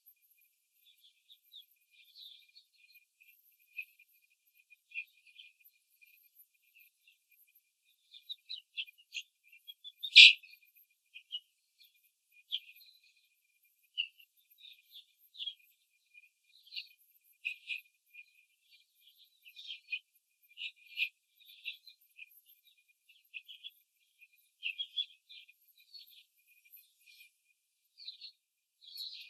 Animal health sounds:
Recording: young laying hens in a cage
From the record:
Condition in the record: control cage, before the stress test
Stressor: none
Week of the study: 4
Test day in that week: 3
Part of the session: 1

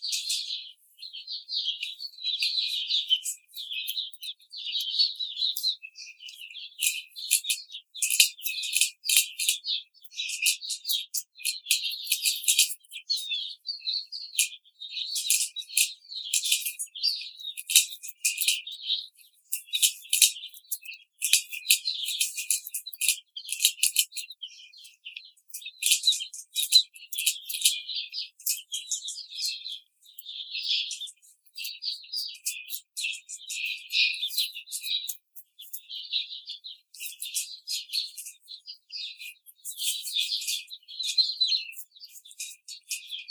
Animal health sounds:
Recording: young laying hens in a cage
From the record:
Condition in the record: treatment cage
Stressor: simulated dog barking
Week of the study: 5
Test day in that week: 1

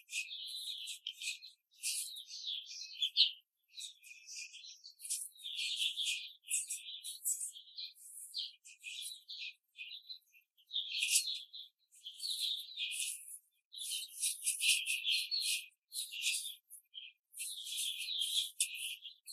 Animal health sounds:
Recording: young laying hens in a cage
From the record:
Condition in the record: control cage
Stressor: none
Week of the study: 5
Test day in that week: 1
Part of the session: 2

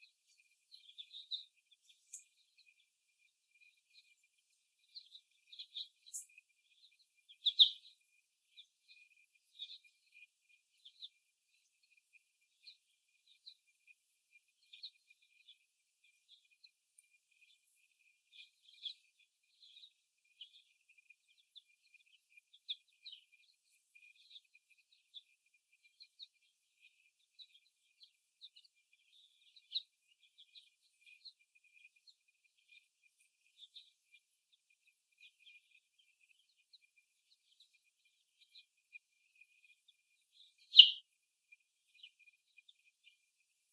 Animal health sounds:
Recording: young laying hens in a cage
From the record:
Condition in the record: before the stressor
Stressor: simulated dog barking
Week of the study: 1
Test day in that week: 1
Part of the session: 4

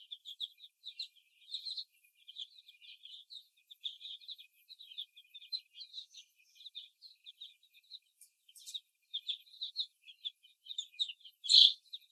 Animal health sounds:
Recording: young laying hens in a cage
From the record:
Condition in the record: before the stressor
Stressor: simulated dog barking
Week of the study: 1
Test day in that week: 2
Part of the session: 3

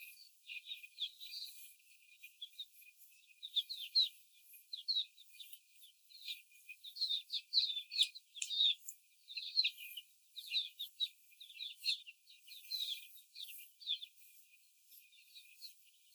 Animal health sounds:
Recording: young laying hens in a cage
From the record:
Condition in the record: before the stressor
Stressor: simulated dog barking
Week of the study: 4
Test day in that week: 1

